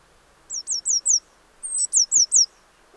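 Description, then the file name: Eurasian blue tit calling in two quick series of high, downslurred notes, the second introduced by a thin drawn-out note. "Cyanistes caeruleus"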